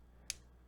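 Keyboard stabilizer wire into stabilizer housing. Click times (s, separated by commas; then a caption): 0.3 s. A metal stabilizer wire is clipped into a plastic keyboard stabilizer housing, and it seats with one sharp, bright click at 0.3 s over a low steady hum.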